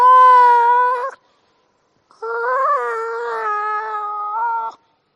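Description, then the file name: Seal giving two drawn-out harmonic moans: a short one of about a second, then after a pause a longer steady cry lasting over two seconds. "audio hero Seal"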